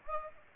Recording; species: mosquito wingbeat signal from an infrared sensor; Aedes aegypti